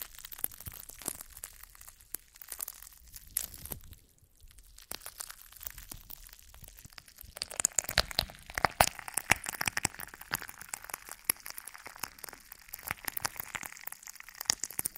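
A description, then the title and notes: Jelly being squished and handled makes a dense run of wet crackles, pops and small crunching bursts. The sounds are sparse and soft early on, nearly stop around four seconds, then grow busier and brighter from about seven seconds to the end. ASMR Stress Relieving Jelly Sounds For Sleep.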